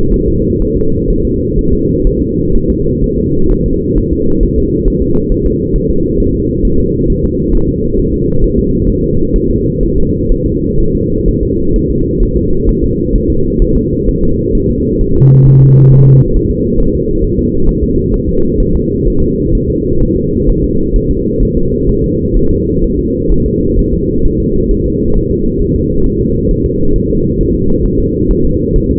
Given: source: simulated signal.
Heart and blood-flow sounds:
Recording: fetal heart sounds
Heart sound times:
0.14 s: S1
0.28 s: S2
0.62 s: S1
0.77 s: S2
1.10 s: S1
1.25 s: S2
1.59 s: S1
1.73 s: S2
2.07 s: S1
2.22 s: S2
2.55 s: S1
2.70 s: S2
3.04 s: S1
3.18 s: S2
3.51 s: S1
3.66 s: S2
3.98 s: S1
4.13 s: S2
4.43 s: S1
4.58 s: S2
4.88 s: S1
5.02 s: S2
5.32 s: S1
5.46 s: S2
5.76 s: S1
5.90 s: S2
6.20 s: S1
6.35 s: S2
6.65 s: S1
6.80 s: S2
7.10 s: S1
7.24 s: S2
7.55 s: S1
7.69 s: S2
7.99 s: S1
8.14 s: S2
8.44 s: S1
8.59 s: S2
8.90 s: S1
9.04 s: S2
9.36 s: S1
9.51 s: S2
9.83 s: S1
9.98 s: S2
10.32 s: S1
10.46 s: S2
10.80 s: S1
10.95 s: S2
11.28 s: S1
11.43 s: S2
11.76 s: S1
11.91 s: S2
12.23 s: S1
12.38 s: S2
12.69 s: S1
12.84 s: S2
13.15 s: S1
13.30 s: S2
13.62 s: S1
13.77 s: S2
14.09 s: S1
14.23 s: S2
14.55 s: S1
14.70 s: S2
15.01 s: S1
15.16 s: S2
15.47 s: S1
15.62 s: S2
15.92 s: S1
16.07 s: S2
16.36 s: S1
16.51 s: S2
16.80 s: S1
16.95 s: S2
17.24 s: S1
17.39 s: S2
17.69 s: S1
17.84 s: S2
18.14 s: S1
18.29 s: S2
18.60 s: S1
18.75 s: S2
19.07 s: S1
19.22 s: S2
19.55 s: S1
19.70 s: S2
20.02 s: S1
20.17 s: S2
20.50 s: S1
20.64 s: S2
20.96 s: S1
21.11 s: S2
21.43 s: S1
21.57 s: S2
21.89 s: S1
22.04 s: S2
22.37 s: S1
22.51 s: S2
22.84 s: S1
22.99 s: S2
23.32 s: S1
23.46 s: S2
23.79 s: S1
23.93 s: S2
24.25 s: S1
24.40 s: S2
24.71 s: S1
24.86 s: S2
25.17 s: S1
25.31 s: S2
25.62 s: S1
25.76 s: S2
26.06 s: S1
26.21 s: S2
26.51 s: S1
26.66 s: S2
26.96 s: S1
27.10 s: S2
27.41 s: S1
27.55 s: S2
27.86 s: S1
28.00 s: S2
28.31 s: S1
28.45 s: S2
28.76 s: S1
28.91 s: S2
From the record:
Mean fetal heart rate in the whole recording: 130 bpm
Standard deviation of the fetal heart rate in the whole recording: 4 bpm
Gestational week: 38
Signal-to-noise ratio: -16.4 dB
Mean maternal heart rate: 72 bpm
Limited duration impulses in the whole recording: present

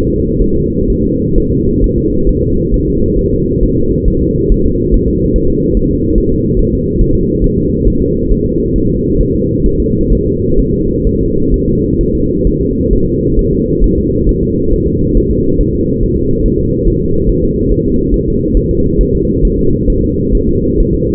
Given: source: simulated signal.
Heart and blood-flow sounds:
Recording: fetal heart sounds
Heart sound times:
0.07 s: S2
0.42 s: S1
0.56 s: S2
0.90 s: S1
1.04 s: S2
1.38 s: S1
1.52 s: S2
1.84 s: S1
1.98 s: S2
2.29 s: S1
2.43 s: S2
2.74 s: S1
2.88 s: S2
3.19 s: S1
3.33 s: S2
3.63 s: S1
3.78 s: S2
4.08 s: S1
4.22 s: S2
4.52 s: S1
4.66 s: S2
4.94 s: S1
5.08 s: S2
5.36 s: S1
5.50 s: S2
5.77 s: S1
5.91 s: S2
6.18 s: S1
6.32 s: S2
6.59 s: S1
6.74 s: S2
7.01 s: S1
7.16 s: S2
7.44 s: S1
7.58 s: S2
7.88 s: S1
8.02 s: S2
8.31 s: S1
8.46 s: S2
8.76 s: S1
8.90 s: S2
9.21 s: S1
9.35 s: S2
9.66 s: S1
9.80 s: S2
10.13 s: S1
10.27 s: S2
10.59 s: S1
10.74 s: S2
11.07 s: S1
11.21 s: S2
11.54 s: S1
11.68 s: S2
12.01 s: S1
12.15 s: S2
12.47 s: S1
12.61 s: S2
12.93 s: S1
13.07 s: S2
13.39 s: S1
13.53 s: S2
13.84 s: S1
13.98 s: S2
14.29 s: S1
14.43 s: S2
14.73 s: S1
14.88 s: S2
15.17 s: S1
15.31 s: S2
15.61 s: S1
15.75 s: S2
16.03 s: S1
16.18 s: S2
16.46 s: S1
16.60 s: S2
16.88 s: S1
17.02 s: S2
17.30 s: S1
17.44 s: S2
17.72 s: S1
17.86 s: S2
18.14 s: S1
18.28 s: S2
18.57 s: S1
18.71 s: S2
19.01 s: S1
19.15 s: S2
19.45 s: S1
19.59 s: S2
19.90 s: S1
20.04 s: S2
20.35 s: S1
20.49 s: S2
20.80 s: S1
20.94 s: S2
From the record:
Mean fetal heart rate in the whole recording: 135 bpm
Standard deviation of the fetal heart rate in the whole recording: 3 bpm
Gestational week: 36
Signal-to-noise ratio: -15.3 dB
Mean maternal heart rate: 72 bpm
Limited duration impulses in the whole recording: present

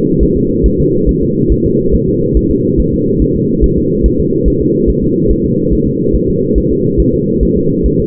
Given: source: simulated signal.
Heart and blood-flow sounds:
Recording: fetal heart sounds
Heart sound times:
0.23 s: S1
0.37 s: S2
0.66 s: S1
0.80 s: S2
1.09 s: S1
1.23 s: S2
1.52 s: S1
1.66 s: S2
1.95 s: S1
2.09 s: S2
2.37 s: S1
2.51 s: S2
2.80 s: S1
2.94 s: S2
3.22 s: S1
3.36 s: S2
3.64 s: S1
3.78 s: S2
4.06 s: S1
4.20 s: S2
4.48 s: S1
4.62 s: S2
4.89 s: S1
5.04 s: S2
5.31 s: S1
5.45 s: S2
5.73 s: S1
5.87 s: S2
6.15 s: S1
6.30 s: S2
6.58 s: S1
6.72 s: S2
7.00 s: S1
7.14 s: S2
7.43 s: S1
7.57 s: S2
7.86 s: S1
8.00 s: S2
From the record:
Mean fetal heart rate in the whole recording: 140 bpm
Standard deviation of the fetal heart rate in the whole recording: 2 bpm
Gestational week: 34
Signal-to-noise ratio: -11.2 dB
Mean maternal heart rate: 72 bpm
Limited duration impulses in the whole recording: present

